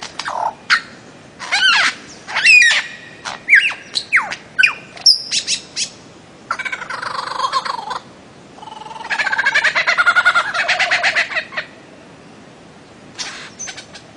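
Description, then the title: Bird-of-paradise calls: sharp whistled notes and squeals with pauses, a loud buzzy rattle in the middle, then a few notes at the end. Master song recording made for training songbirds. "Kicau Master Cendrawasih"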